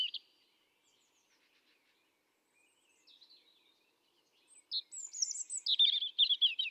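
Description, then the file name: European robin song: a brief high note, faint thin sounds, then a lively phrase of squeaky, tumbling high notes and a fast twittering trill near the end. "Erithacus rubecula 310717"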